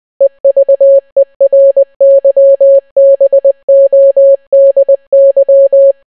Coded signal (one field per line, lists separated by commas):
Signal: Morse code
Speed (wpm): 20 wpm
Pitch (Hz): 550 Hz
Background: none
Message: EVERYBODY